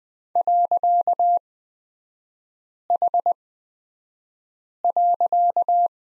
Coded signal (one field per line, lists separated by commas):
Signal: Morse code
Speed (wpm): 20 wpm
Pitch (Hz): 700 Hz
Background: none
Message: .H.